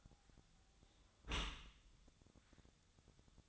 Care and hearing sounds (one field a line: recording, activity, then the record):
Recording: daily activity, microphone in the room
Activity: close dishwasher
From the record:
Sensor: 3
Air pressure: 1004.7 hPa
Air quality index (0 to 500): 96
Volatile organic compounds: 3 ppm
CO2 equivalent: 1483 ppm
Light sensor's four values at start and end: 7/18/7/7 and 7/18/7/7